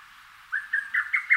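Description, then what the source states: Lesser cuckoo singing a brief burst of about five sharp, loud notes that climb slightly in pitch, cut off abruptly after a short quiet lead-in. Recorded in Rikugien garden, Tokyo, Japan.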